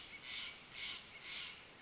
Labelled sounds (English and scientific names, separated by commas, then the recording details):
Steller's Jay (Cyanocitta stelleri)
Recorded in Sonoma County, California